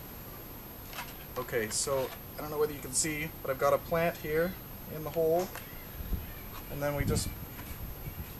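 Someone talks while handling an interlocking plastic hanging-basket section that has a plant set in its side hole, getting it ready to go onto the section below. Nothing has snapped into place yet.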